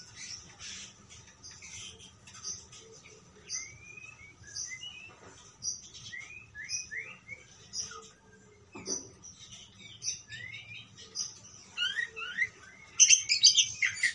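Parakeet calls: scattered squeaky chirps and short rising whistled notes, sparse at first, then growing livelier with a burst of sharp twitters at the close.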